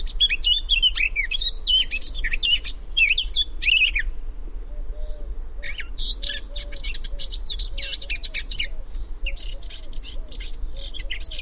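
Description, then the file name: Eurasian blackcap song: a fast warbling phrase of varied notes for about four seconds, then after a pause denser, scratchier bursts of notes. "Sylvia atricapilla"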